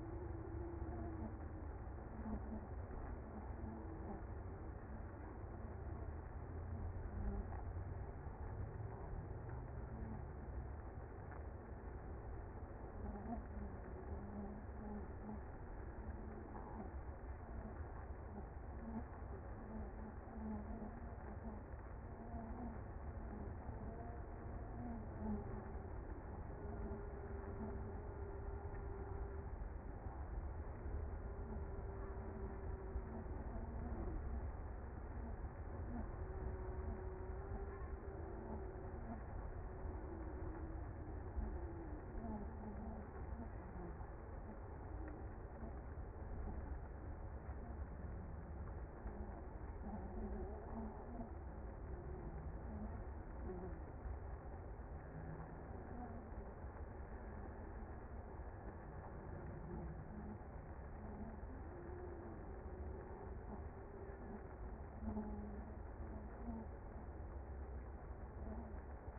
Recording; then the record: honeybee colony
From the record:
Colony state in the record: active